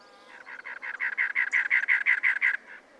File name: Cactus Wren